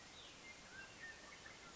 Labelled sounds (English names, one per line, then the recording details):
Mountain Quail
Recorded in Sonoma County, California